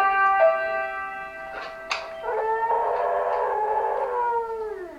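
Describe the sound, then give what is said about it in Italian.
A beagle puppy in a garden howls in long, high, wavering tones broken by a couple of short yelps, then holds one steady howl that slowly drops in pitch and fades. No one speaks. “Un beagle? Ma è il mio cane preferito!”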